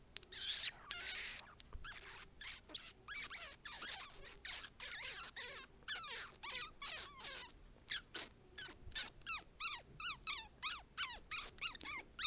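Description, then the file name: Animal squealing: rapid shrill squeaks, nearly three a second, growing more evenly spaced and distinct toward the end. "Chillidos Animal"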